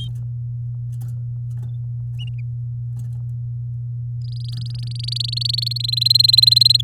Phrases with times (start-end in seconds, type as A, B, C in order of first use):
4.24-5.78 A, 5.80-6.81 B